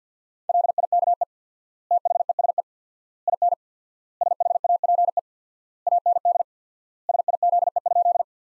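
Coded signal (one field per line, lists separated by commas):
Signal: Morse code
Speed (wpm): 50 wpm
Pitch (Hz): 700 Hz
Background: none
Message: LIKE THESE IN SHAPE AND SIZE?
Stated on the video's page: Morse practice sentences from the top 500 words at 50 wpm with 4x word spacing, a word-based approach analogous to the Farnsworth method.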